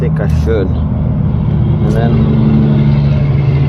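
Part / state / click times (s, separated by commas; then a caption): DEF line quick coupling onto dosing valve / not seated / none. Someone talks while a DEF line quick-connect coupling is pushed onto a new dosing valve on a Mack Anthem, over a steady low vehicle-like hum. The coupling does not click, and nothing has seated or clicked yet.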